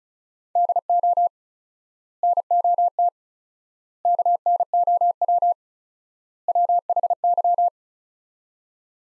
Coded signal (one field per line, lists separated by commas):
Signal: Morse code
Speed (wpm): 36 wpm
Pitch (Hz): 700 Hz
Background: none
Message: DO NOT KNOW WHY